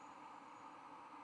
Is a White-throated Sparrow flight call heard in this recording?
no